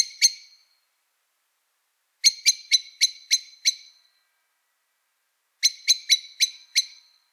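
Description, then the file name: Common blackbird calling with brisk, hard tchink notes: two at the start, a run of six, then another run of five after a silence. "Turdus merula"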